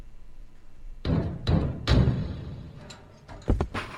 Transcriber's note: gavel banging